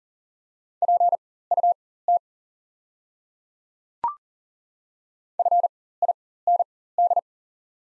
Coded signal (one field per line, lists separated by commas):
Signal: Morse code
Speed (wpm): 40 wpm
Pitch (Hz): 700 Hz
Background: none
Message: PUT FIND